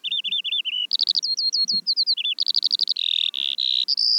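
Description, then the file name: Eurasian skylark singing a fast, varied stream of high twittering notes, short trills and rolling phrases, ending in sustained buzzy tones. "veldleeuwerik"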